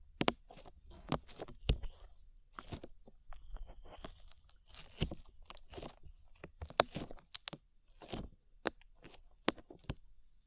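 Slime being squeezed and pressed gives off a steady run of sharp crackling pops and clicks, bright and irregular, several each second. Softer squishy, sticky stretches fill the gaps, most noticeably around the fourth and sixth seconds, between louder snapping bursts.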